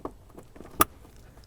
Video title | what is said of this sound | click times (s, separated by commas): Jeep TJ Heat Ventilation and A/C Controls Replacement - This Old TJ | There's the click, so it is in. | 0.8 s